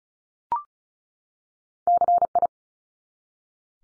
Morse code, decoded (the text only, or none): CI